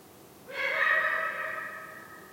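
Eagle-owl giving one drawn-out, nasal, harmonic call that lasts most before tapering away.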